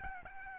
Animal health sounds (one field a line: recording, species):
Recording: mosquito wingbeat signal from an infrared sensor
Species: Aedes albopictus